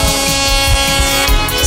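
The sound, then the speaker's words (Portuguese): A loud, sustained horn sound effect with a brassy, buzzing tone holds steady for just under two seconds, sounding on its own with no voices over it. “E a buzina da Beth aí, Pantera, não saiu, ó.”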